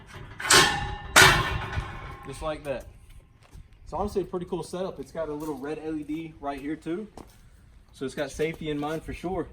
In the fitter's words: load it back up you slide this thing out that locks into place just like that